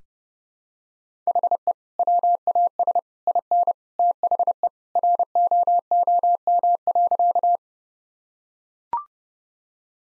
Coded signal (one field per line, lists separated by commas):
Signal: Morse code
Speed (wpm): 32 wpm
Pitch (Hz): 700 Hz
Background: none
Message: HE WAS IN THE ROOM.